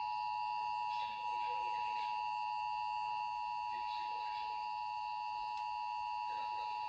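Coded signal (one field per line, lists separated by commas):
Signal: Emergency Alert System (SAME) tones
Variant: 853 and 960 Hz attention tone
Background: speech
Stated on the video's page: EAS Required Monthly Test captured from a Boston TV station via Dish Network, with another TV audible in the background.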